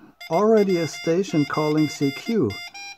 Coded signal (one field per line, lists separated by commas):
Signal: Morse code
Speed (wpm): 20 wpm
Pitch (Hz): 2100 Hz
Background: speech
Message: IW9T